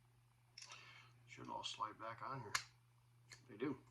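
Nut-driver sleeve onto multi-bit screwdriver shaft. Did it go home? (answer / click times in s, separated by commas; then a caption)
no / none. A nut-driver sleeve of a Klein 11-in-1 multi-bit screwdriver is handled and slid back toward the metal shaft while someone talks, with a few short handling sounds. The sleeve has not seated or clicked into place yet.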